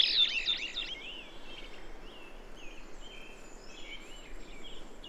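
Bird song opening with a loud tangle of quick high twittering notes, followed by sparse, softer slurred whistles against a constant hiss of background noise.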